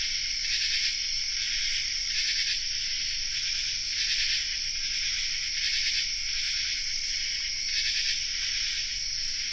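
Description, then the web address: Common true katydid chorus, rasping bursts from several insects layered over a constant shrill hum. Chorus, North America. "Songs of Insects. Common True Katydid chorus"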